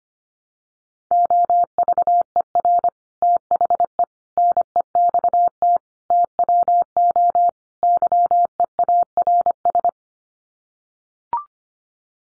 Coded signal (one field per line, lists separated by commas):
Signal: Morse code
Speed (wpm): 25 wpm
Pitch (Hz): 700 Hz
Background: none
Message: OVER THE NEXT TWO YEARS